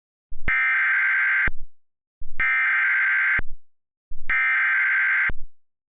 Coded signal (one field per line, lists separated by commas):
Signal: Emergency Alert System (SAME) tones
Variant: header bursts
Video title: EAS Remake: Orlando SVR.